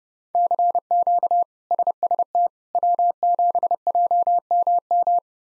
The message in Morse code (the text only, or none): CQ SST W7JMM